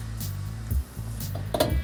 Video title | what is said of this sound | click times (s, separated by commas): 7,000 ORIGINAL MILE 71 CUDA 440-6 WITH A HEMI IN IT! | snap into place right there | 1.5 s, 1.6 s